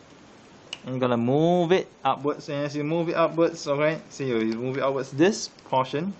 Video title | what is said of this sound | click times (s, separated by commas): Toys-collector.com Masterpiece Ironhide MP-27 G1 Series Voyager-Grade(7 in) | okay lift it okay here click | 0.7 s